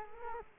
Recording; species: mosquito wingbeat signal from an infrared sensor; Culex quinquefasciatus